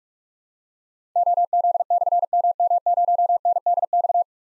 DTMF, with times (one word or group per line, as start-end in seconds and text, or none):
none